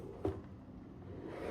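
The final plastic segment of a Hydro Tower Model A hydroponic gardening tower is lined up by its arrow, pushed onto the segment below and turned counterclockwise. A single sharp snap sounds at 0.3 s over a low background. The segment twist-locks into place, seated.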